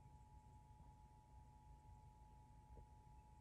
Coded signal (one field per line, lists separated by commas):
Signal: Emergency Alert System (SAME) tones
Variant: 853 and 960 Hz attention tone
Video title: (WNEP GLITCHED) EAS #86-88: April 2023 Pennsylvania Monthly Test On Multiple Stations (4/20/2023)